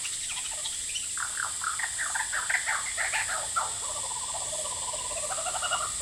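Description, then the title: Lyrebird song, a dense run of varied sweeping notes and chatter, with loud steady cicada droning throughout. Male, singing vigorously outside a window at Horsfield Bay, New South Wales, Australia, 23 January 2017, with cicadas calling; noise reduction applied. "Lyrebird - Horsfield Bay NSW, Jan 23 2017"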